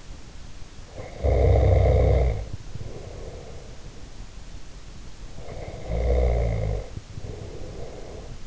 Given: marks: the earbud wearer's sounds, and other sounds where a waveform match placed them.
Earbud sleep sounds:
sounds in sleep by an in-ear microphone; snoring breath
0.83-3.97 s: snoring breath
5.30-8.47 s: snoring breath

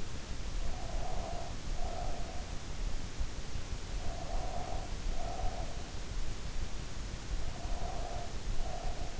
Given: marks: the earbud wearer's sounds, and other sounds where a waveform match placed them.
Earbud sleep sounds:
sounds in sleep by an in-ear microphone; breath
0.61-2.68 s: breath
3.87-5.97 s: breath
7.39-9.20 s: breath

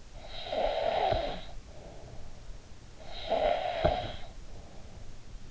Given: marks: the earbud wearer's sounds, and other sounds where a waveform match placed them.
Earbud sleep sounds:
sounds in sleep by an in-ear microphone; snoring breath
0.10-2.73 s: snoring breath
2.90-5.07 s: snoring breath

